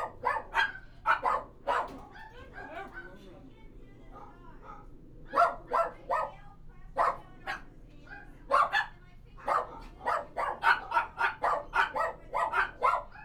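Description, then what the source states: Dog barking, rapid volleys of sharp barks separated by short lulls. Recorded inside a kennel.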